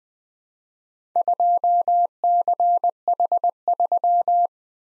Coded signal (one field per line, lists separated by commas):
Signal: Morse code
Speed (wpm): 20 wpm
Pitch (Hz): 700 Hz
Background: none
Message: 2CH3